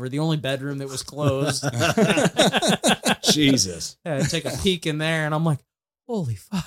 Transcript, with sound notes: The only bedroom that was closed. (both laughing)
Jesus.
Yeah, take a peek in there, and I'm like, "Holy fuck."